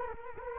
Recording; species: mosquito wingbeat signal from an infrared sensor; Culex quinquefasciatus